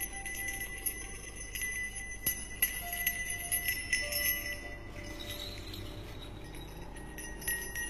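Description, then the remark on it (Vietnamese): A small hand bell is shaken continuously by a girl sitting cross-legged by candlelight, producing bright, overlapping metallic tinkles with ringing high tones that linger and decay, fairly soft and steady throughout, with no voices present. “Sau khi châm lửa xong, con Hương lấy trong túi ra một cái chuông, rồi nó bắt đầu ngồi khoanh chân mà lắc chuông.”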